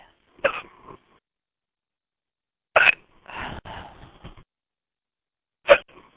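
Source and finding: Woman. Hiccups.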